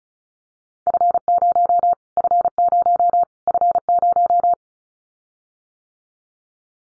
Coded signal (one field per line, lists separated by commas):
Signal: Morse code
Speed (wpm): 34 wpm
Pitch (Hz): 700 Hz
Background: none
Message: F0 F0 F0